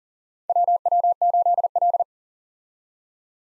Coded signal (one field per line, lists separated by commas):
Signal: Morse code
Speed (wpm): 37 wpm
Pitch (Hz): 700 Hz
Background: none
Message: WW8L